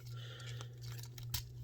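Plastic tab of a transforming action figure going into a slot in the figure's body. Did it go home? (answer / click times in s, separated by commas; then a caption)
yes / 1.3 s. A purple plastic tab on the arm assembly of a Transformers Kingdom Leader class Galvatron transforming action figure is pushed into its slot in the figure's body on the first side. A few light plastic ticks and scrapes lead up to a sharp click at 1.3 seconds as the tab seats, over a steady low hum. The tab is seated in place.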